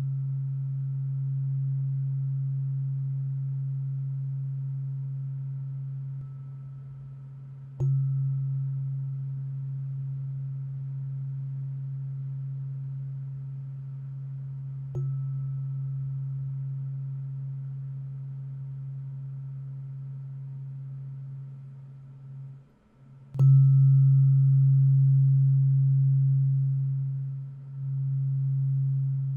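A low tuning fork hums a steady pure tone, struck again near 8, 15 and 23 seconds, each strike briefly brightening and swelling the sound.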